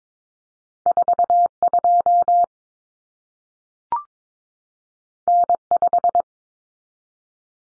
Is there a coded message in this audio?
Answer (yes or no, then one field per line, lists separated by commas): yes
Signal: Morse code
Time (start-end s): 0.9-6.2 s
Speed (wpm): 22 wpm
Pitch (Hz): 700 Hz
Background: none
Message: 42 N5